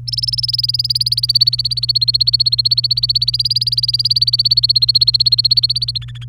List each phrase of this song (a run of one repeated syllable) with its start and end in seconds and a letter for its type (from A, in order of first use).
0.07-5.98 A, 6.01-6.24 B